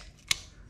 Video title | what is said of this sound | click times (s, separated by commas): Tony's Tech Tuesday Ep 25 How To Reassemble ZiZZO Stemlock (except Ferro/Campo) | make sure it holds the lever in place you heard that snap | 0.3 s